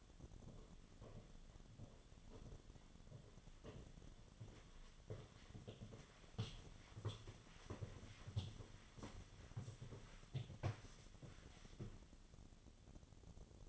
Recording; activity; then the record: daily activity, microphone in the room; walk to room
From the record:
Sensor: 4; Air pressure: 1011.0 hPa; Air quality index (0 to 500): 161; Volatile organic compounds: 4 ppm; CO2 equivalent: 1635 ppm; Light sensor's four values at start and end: 44/125/50/52 and 43/122/49/51